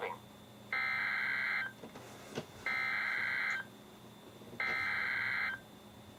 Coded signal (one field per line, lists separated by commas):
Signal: Emergency Alert System (SAME) tones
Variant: header bursts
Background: speech